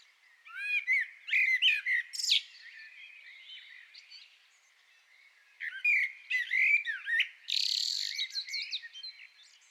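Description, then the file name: Common blackbird singing two bursts of warbled, slurred whistles mixed with high, scratchy twitter notes, separated by a short quiet pause. "Turdus merula"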